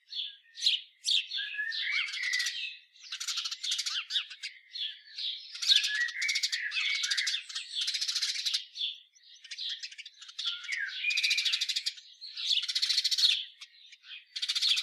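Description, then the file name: House sparrow chattering densely: many sharp chirps and rasping notes in near-continuous bursts throughout. "Passer domesticus"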